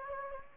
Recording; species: mosquito wingbeat signal from an infrared sensor; Anopheles gambiae